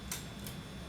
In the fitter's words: by pushing the arm in and they snap in place there's little ears right here that then lock into holes